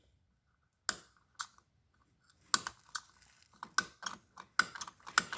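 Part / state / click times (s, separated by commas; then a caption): fuel tank cap on car filler neck / torque reached / 0.9 s, 2.5 s, 3.8 s, 4.6 s, 5.2 s. A plastic petrol tank cap is screwed onto a car's fuel filler neck and tightened until its ratchet clutch clicks, which must be heard or the check engine light will come on. Sharp ratchet clicks sound at 0.9, 2.5, 3.8, 4.6 and 5.2 seconds, with softer clicks and turning noise between them, confirming the cap is tightened.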